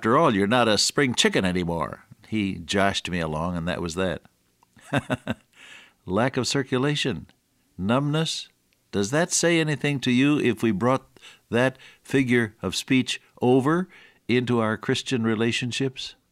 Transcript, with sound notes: After all you’re not a spring chicken anymore.” He joshed me along and that was that. [chuckle] Lack of circulation, numbness? Does that say anything to you, if we brought that figure of speech over into our Christian relationships?